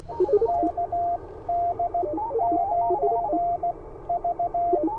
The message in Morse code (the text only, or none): KD9V